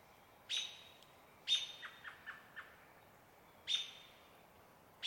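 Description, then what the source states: American Robin sounding bright, sharp call notes, four times, the second trailing into a quick run of softer, lower clucks. Evening calls, said to be slightly faster, near a still-water riparian area with cottonwoods in Cascades evergreen forest, Trout Creek Campground, 12 May.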